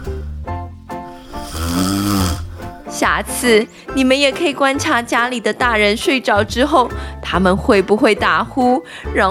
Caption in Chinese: 打呼就是有些人在睡觉的时候会发出像这样子的声音。 有些时候打呼声是很小声的。 也有些时候打呼声是超级大声的，像是轰隆轰隆的火车。